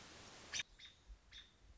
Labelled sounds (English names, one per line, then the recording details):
American Robin
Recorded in Sonoma County, California